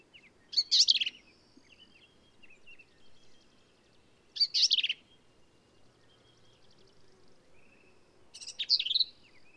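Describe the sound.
Black-capped vireo song, three varied, sharp warbled phrases spaced roughly four seconds apart, with soft twittering between them.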